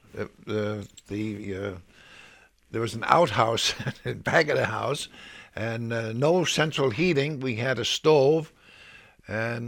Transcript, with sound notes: The, there was an outhouse (he laughs) in back of the house, and no central heating. We had a stove. And